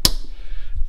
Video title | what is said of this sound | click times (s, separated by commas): Introduction/Basics to Honda Motocompacto | fits and Clicks in its hole you're almost done | 0.0 s